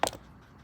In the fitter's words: put the collar up here. It locks in place.